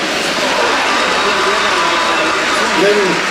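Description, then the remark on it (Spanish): A crowd applauds for Jesus Christ at a religious gathering, steadily for a few seconds, a dense, even wash of clapping with faint voices and cheers rising through it. “¡Aplauso para nuestro Señor Jesucristo!”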